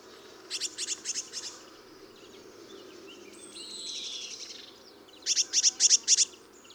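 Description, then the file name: Eurasian blue tit: a quick series of high, ticking buzzy notes, a pause with a soft whistle and hiss, then another sharper series. "Cyanistes caeruleus"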